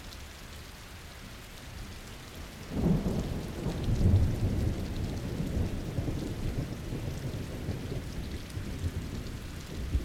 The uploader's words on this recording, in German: Wohltuenden Dauerregen. Dieses Audio ist mit insgesamt vier verschiedenen Frequenzen aufgenommen worden.